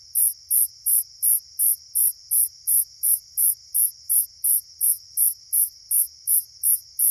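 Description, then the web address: Slightly musical conehead delivering a long, even series of sharp, high-pitched buzzy pulses, about three each second, against a constant shrill background drone. North America. "Songs of Insects. Slightly Musical Conehead"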